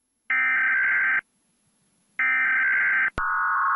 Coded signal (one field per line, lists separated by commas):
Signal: Emergency Alert System (SAME) tones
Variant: header bursts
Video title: (FAKE) EAS Scenario: East Coast invasion (First Scenario!)